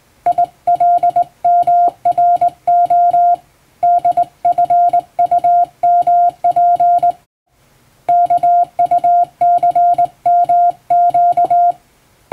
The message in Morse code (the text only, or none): ILMRO DFUMP KUCMQ